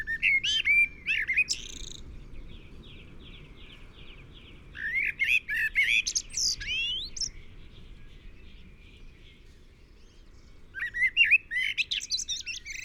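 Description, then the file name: Common blackbird delivering mellow whistled phrases that end in thin, squeaky twittering, with pauses of a few seconds between phrases. "Turdus merula"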